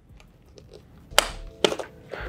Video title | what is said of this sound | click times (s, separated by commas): Prestan 2000 Series Upgrade Kit Installation | just clicks into place. | 1.2 s, 1.6 s